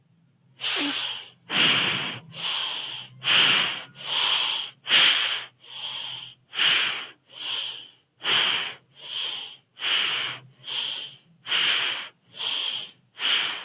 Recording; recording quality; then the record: shallow breathing; excellent, no background noise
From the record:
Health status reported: recovered from COVID-19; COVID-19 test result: positive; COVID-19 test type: RT-PCR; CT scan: not taken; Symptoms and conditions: none ticked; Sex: female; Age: 24 years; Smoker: no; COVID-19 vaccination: none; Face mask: not worn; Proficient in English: no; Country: India